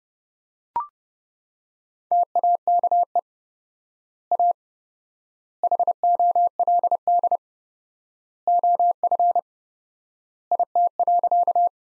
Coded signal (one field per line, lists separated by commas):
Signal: Morse code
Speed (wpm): 30 wpm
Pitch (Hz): 700 Hz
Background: none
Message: TAKE A HOLD OF IT.